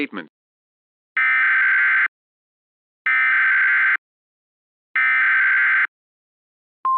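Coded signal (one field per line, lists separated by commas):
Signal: Emergency Alert System (SAME) tones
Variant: header bursts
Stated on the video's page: Invasion EAS scenario, a fictional simulated alert.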